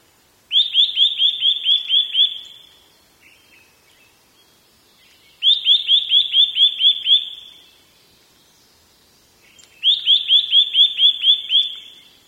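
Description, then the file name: Eurasian nuthatch repeating a rapid run of about eight ringing upslurred whistles, three runs spaced roughly five seconds apart, against a quiet background. "gojukara"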